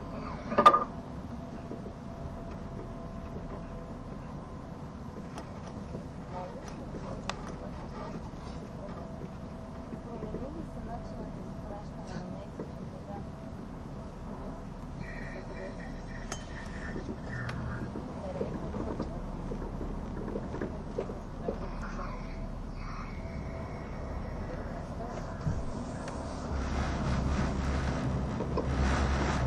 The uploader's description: the train on the Gotthard Tobasis Tunnel route